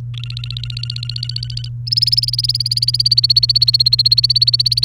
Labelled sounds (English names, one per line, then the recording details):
Domestic Canary song
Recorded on 29 April 2018 at 09:01
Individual llb3